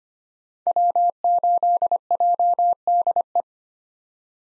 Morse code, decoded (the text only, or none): W8JDE